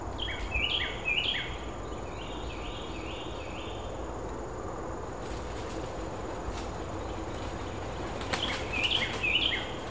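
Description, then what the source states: Carolina wren singing fast repeated, rich whistled phrases at the start and again near the end, with a constant insect drone and low rumble throughout. Recorded at Fakahatchee Strand, Florida, on 26 April 2016 at 18:45.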